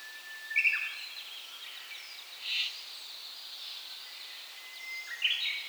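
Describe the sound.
Bird calls: a few short, high chirps and squeaky notes spaced a couple of seconds apart, with faint thin whistles between them over a soft background hiss.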